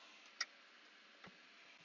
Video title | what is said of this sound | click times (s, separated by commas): Unboxing and Setup - Epson SureColor F2100 Direct to Garment (DTG) Printer | it clicks now | 0.4 s